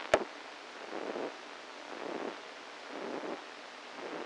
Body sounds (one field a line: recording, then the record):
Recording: brain microelectrode recording played as sound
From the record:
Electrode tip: inside the subthalamic nucleus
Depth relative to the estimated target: 0 mm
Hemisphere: right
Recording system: NeuroSet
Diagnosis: Parkinson's disease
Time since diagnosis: 7 years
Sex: female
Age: 68 years